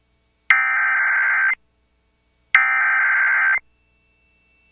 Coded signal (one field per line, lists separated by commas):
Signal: Emergency Alert System (SAME) tones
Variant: header bursts